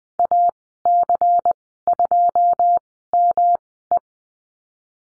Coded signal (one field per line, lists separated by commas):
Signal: Morse code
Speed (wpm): 20 wpm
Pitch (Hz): 700 Hz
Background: none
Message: AC2ME